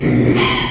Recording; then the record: squeal of a Yucatan mini pig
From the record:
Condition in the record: after surgery on the right vocal fold (resection and tissue-engineered implant); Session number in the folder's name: 2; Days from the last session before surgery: 13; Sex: male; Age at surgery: 12 weeks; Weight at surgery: 13 kg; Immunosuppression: cyclosporine, prednisolone